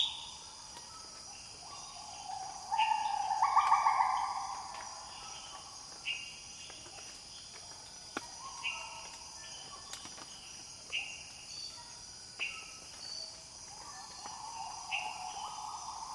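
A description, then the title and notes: Gibbons call in a Borneo rainforest morning, one loud rising whoop near four seconds, then fainter repeated calls over a steady insect hiss. Gibbons calling early in the morning in the Borneo rainforest. Downloadable recording made with Sound Devices Mixpre 6 ii and Sennheiser MKH8040/MKH30 DMS rig. Decoded from DMS to Stereo. Borneo morning gibbons.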